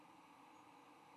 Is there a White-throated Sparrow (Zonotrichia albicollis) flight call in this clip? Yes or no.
no